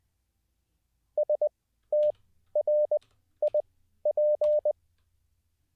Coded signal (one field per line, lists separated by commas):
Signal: Morse code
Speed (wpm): 20 wpm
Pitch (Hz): 590 Hz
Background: none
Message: STRIP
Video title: How To Learn Morse Code LIVE with N0SSC (Day 24)